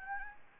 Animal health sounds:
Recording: mosquito wingbeat signal from an infrared sensor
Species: Anopheles gambiae

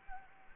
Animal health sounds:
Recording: mosquito wingbeat signal from an infrared sensor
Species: Anopheles gambiae

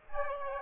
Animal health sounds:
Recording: mosquito wingbeat signal from an infrared sensor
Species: Aedes aegypti

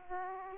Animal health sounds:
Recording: mosquito wingbeat signal from an infrared sensor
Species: Aedes aegypti

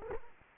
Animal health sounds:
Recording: mosquito wingbeat signal from an infrared sensor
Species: Culex quinquefasciatus

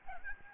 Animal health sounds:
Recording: mosquito wingbeat signal from an infrared sensor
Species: Aedes albopictus

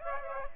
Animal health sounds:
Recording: mosquito wingbeat signal from an infrared sensor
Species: Aedes aegypti

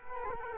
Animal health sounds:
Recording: mosquito wingbeat signal from an infrared sensor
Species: Culex quinquefasciatus

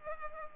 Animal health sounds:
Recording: mosquito wingbeat signal from an infrared sensor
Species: Culex pipiens

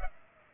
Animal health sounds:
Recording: mosquito wingbeat signal from an infrared sensor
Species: Culex pipiens

